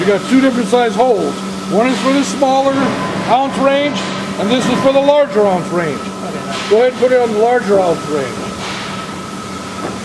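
On a Kemper 5-row bakery dough divider rounder, the ounce-range adjuster pin is being moved from the smaller-ounce hole toward the larger-ounce hole. Someone talks over a steady low machine hum, with no distinct hit. Nothing has clicked in yet.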